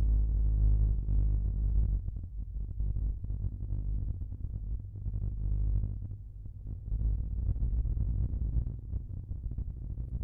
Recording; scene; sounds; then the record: everyday scene through a hearing-aid microphone; in a vehicle; engine, rumble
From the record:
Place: Skoda Fabia, gasoline engine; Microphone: behind the ear, left, front